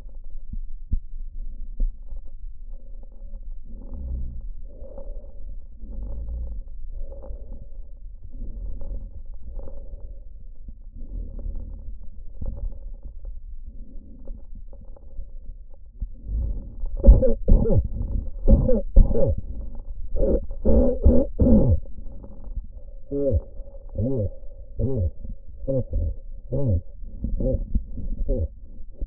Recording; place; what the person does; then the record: lung sounds by stethoscope; trachea; quiet breathing, then cough and speech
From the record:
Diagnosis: COPD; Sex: male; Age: 70 years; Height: 170 cm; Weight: 74 kg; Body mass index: 25.6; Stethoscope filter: diaphragm mode